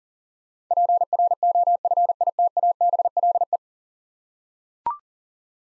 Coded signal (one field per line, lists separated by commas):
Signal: Morse code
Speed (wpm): 40 wpm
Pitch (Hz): 700 Hz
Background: none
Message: PROFITABLE